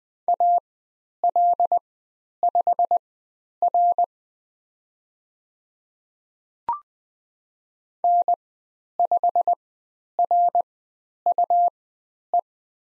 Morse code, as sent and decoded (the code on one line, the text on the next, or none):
.- .-.. ..... .-. / -. ..... .-. ..- .
AL5R N5RUE